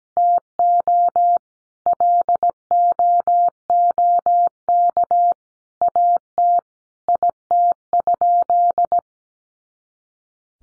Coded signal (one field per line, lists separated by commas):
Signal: Morse code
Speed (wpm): 17 wpm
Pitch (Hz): 700 Hz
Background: none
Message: TO LOOK AT IT?